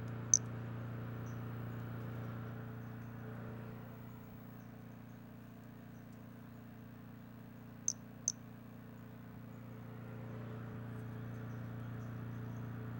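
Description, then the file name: White-lined pumpkin toadlet: one short high note at the beginning, then a closely spaced pair of high chirps near eight seconds, with steady low hum underneath. Individual 13; unvouchered specimen. "Brachycephalus albolineatus individual 13"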